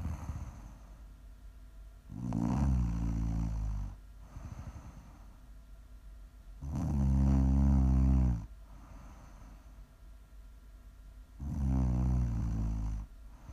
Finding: Prime ASMR snoring.